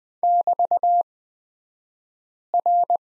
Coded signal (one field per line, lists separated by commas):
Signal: Morse code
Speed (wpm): 20 wpm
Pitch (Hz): 700 Hz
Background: none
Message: <BT>R